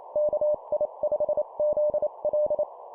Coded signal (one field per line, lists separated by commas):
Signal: Morse code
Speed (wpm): 28 wpm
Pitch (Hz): 600 Hz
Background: none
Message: KI5ZL